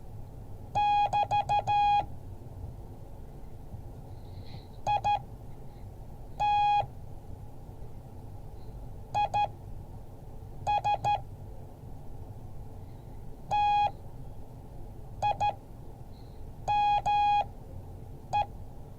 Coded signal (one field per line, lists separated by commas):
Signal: Morse code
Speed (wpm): 15 wpm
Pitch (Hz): 830 Hz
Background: none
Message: <BT> IT IS TIME